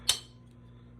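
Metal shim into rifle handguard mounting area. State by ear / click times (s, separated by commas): seated / 0.1 s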